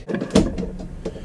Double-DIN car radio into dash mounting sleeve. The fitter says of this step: what you want to do you want to push this back and you'll hear a click